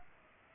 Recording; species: mosquito wingbeat signal from an infrared sensor; Culex pipiens